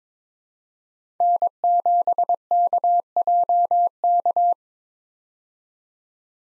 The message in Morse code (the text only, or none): N7KJK